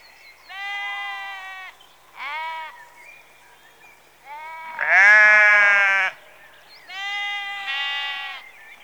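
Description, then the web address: Sheep bleats: a run of quavering calls of varied pitch and length, one much louder than the others, with short gaps between them. Rural setting in the early evening, recorded close. "BBC Sound Effects Library. Sheep Early Evening- Close"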